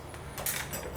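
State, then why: Not seated. A bayonet is handled and pushed toward the bayonet lug on a rifle, with faint metallic scrapes and a brief rattle near 0.1 s, then a brighter sliding, scraping burst from about 0.4 to 0.6 s. Nothing has seated or clicked yet.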